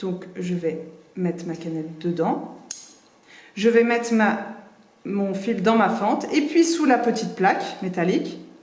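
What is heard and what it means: A sewer places the bobbin in its bobbin case and pulls the thread through the slot toward the small metal tension plate, while someone talks throughout and a brief sharp sound stands out at about 2.7 s. The clip ends just before the thread goes home under the tension spring between the two small tabs, so nothing has seated or clicked yet.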